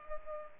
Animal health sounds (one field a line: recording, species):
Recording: mosquito wingbeat signal from an infrared sensor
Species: Culex pipiens